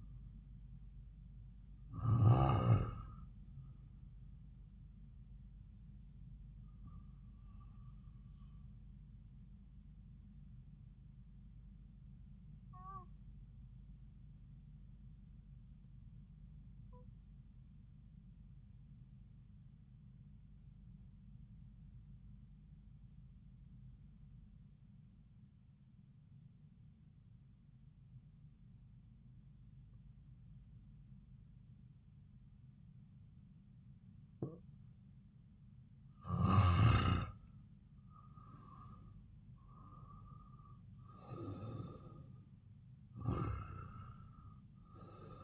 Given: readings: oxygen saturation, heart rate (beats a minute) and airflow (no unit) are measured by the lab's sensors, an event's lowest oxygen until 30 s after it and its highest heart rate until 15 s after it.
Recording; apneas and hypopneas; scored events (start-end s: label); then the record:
breathing in sleep by a smartphone at the bedside; 1
19.00-36.20 s: obstructive apnea (REM, oxygen 96% highest, then 82% lowest)
From the record:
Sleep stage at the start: REM sleep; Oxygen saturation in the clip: 80 to 96%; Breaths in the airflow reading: 5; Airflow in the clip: -7.6 to 6.8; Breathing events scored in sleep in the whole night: 270 in 6.1 hours asleep